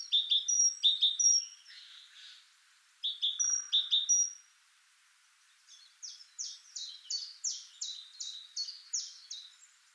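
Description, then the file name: Great tit giving clipped high double notes with thin whistles, a pause, then a steady series of about ten short descending chirps. "Parus major"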